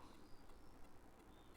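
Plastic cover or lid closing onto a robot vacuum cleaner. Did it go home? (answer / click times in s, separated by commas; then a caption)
no / none. A plastic cover is being handled onto a Eureka Forbes robot vacuum cleaner over a steady broadband background hiss, with a few faint soft taps around 0.3, 0.5 and 0.8 seconds. The cover has not seated or clicked shut yet in this clip.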